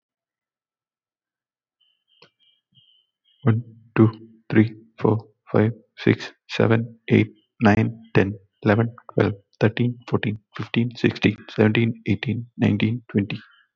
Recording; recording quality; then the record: counting at a normal pace; excellent, no background noise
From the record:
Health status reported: healthy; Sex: male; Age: 31 years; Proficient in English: yes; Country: India